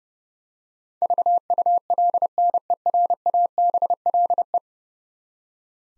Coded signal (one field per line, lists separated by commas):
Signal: Morse code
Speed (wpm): 30 wpm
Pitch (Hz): 700 Hz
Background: none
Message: VULNERABLE